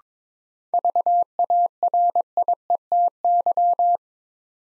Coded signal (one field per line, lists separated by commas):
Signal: Morse code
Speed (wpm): 22 wpm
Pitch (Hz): 700 Hz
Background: none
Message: VARIETY